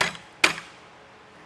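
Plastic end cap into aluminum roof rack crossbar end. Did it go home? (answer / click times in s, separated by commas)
yes / 0.4 s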